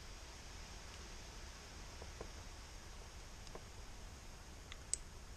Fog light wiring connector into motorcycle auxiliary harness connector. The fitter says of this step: Oh, heard them click. Heard it click. Beautiful.